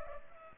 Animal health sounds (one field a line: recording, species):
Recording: mosquito wingbeat signal from an infrared sensor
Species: Culex pipiens